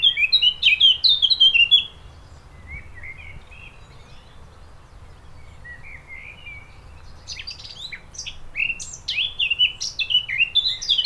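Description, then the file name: Eurasian blackcap warbling song: a quick chattering phrase, softer scratchy notes in the middle, then a loud, varied run of fluty whistles and chirps. "Sylvia atricapilla"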